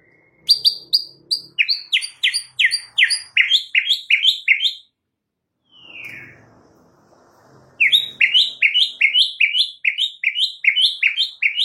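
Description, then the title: White-rumped shama song: fast runs of bright, downslurred notes repeated in long rolling series, a short swooping note midway, then another rapid rolling run. Singing in a full rolling (ngerol) and shooting (nembak) song style. "Masteran Murai Batu Full Ngerol Nembak"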